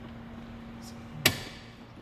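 A plug-and-play LED low-beam bulb is pushed into its holder adapter in the headlight of a 2015 Volkswagen Golf. A single sharp click is heard at 1.3 s over a faint steady low hum. The bulb is seated and must then be turned clockwise.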